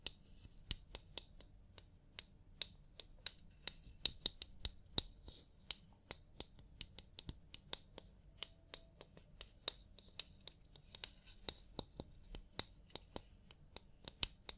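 A scalp massage and hair wash, made of quick, sharp crackles and snaps scattered irregularly throughout, several per second at times. Beneath them runs a soft, steady low rustle, with faint brighter hiss around the crisp clicks.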